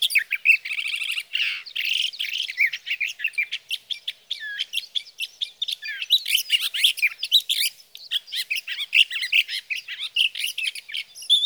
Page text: 61. Sage thrasher songs, through the night.